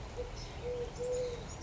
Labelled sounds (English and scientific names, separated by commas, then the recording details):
Eurasian Collared Dove (Streptopelia decaocto)
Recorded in Sonoma County, California